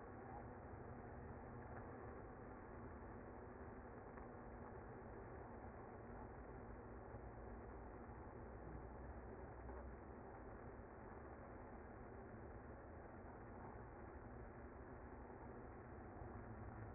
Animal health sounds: honeybee colony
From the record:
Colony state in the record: active

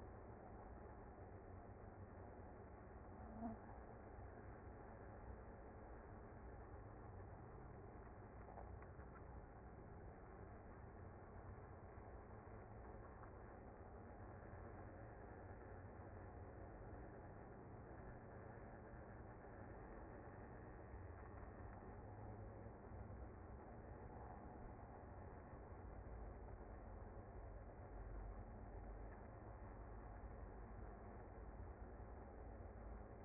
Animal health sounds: honeybee colony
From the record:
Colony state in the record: active

